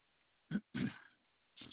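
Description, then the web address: Koala grunts: two short, low, rough bursts in quick succession, then a fainter third grunt after a short pause. Recorded 27 February 2021, 10:34 AM. "Koala CS HMCrecordings 2 27 2021"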